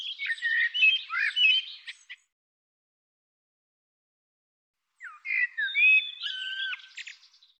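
Bird calls in two dense bursts of squawky, warbling notes with rising and falling whistles, the first lasting about two seconds, then a gap of silence before the second burst.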